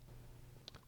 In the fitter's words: Slide the handguard front end in first and snap into place